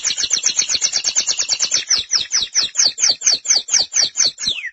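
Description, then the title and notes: Canary song: a fast, unbroken trill of high, bright, downward-sweeping notes repeated several times a second, slowing slightly toward the end. "BM Suara Kenari. BM Suara Burung Kenari"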